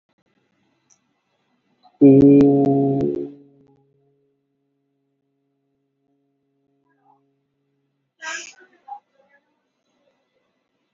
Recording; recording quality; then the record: sustained vowel as in boot; moderate, slight background noise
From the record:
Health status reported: COVID-19 positive, mild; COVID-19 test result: positive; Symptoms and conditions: breathing difficulty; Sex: male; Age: 39 years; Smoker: not ticked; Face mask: not worn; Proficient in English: yes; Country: India